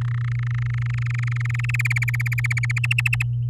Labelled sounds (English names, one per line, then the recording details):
Domestic Canary song
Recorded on 11 May 2018 at 06:28
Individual llb16